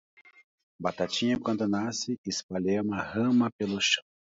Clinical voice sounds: short text; Brazilian Portuguese; male; 40 to 49 years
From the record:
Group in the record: control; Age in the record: 41 years

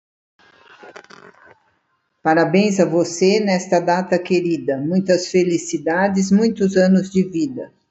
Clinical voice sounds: short text; Brazilian Portuguese; female; 70 to 79 years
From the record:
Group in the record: control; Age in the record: 72 years

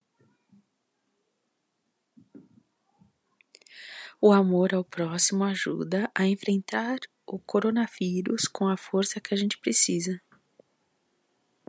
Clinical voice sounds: spoken sentence; Brazilian Portuguese; female; 50 to 59 years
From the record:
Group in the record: control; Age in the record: 55 years

